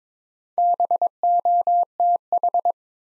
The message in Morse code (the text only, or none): BOTH